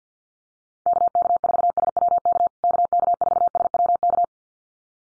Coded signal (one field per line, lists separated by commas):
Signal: Morse code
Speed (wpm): 50 wpm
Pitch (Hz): 700 Hz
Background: none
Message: KK4SWK KK4SWK